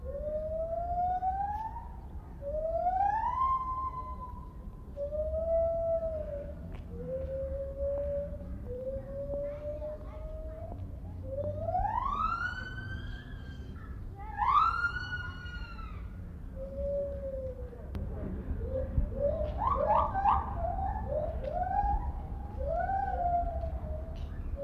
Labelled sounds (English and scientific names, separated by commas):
Lar Gibbon (Hylobates lar) call